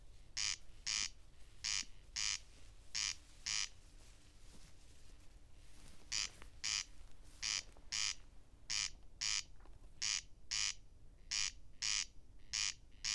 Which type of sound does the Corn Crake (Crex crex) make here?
song